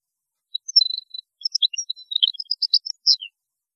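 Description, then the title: European goldfinch song, a quick run of bright, liquid twittering notes with a few buzzy elements, ending in a falling slur. "Chant Chardonneret"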